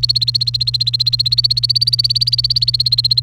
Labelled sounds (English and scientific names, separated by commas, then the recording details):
Domestic Canary (Serinus canaria) song
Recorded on 29 April 2018 at 11:39
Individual llb3